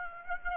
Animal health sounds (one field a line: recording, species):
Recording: mosquito wingbeat signal from an infrared sensor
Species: Aedes aegypti